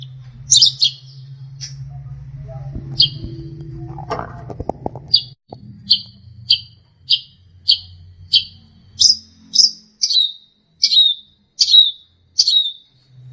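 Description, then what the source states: Long-tailed shrike song: a few scattered notes and some clicks and thumps, then a steady series of sharp descending whistled notes, with low hum early on. Master song for training songbirds.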